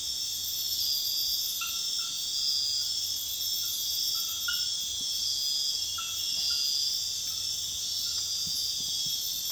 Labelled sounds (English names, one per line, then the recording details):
none
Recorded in secondary vegetation near Puerto Asís, Putumayo, Colombia, on 4 March 2025 at 02:00
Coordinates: 0.498, -76.327
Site G001